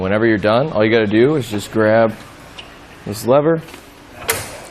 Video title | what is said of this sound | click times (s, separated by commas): etrailer - Fit Check: Saris Glide EX Bike Rack for 4 Bikes on a 2019 Ram 1500 Classic | and it does snap into place, letting you know it's nice and secure. | 4.3 s